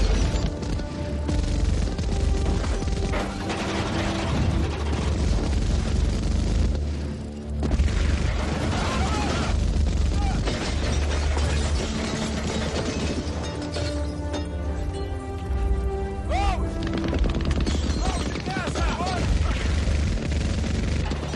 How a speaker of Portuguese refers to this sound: O cara tá arregaçando o tiro com o pente.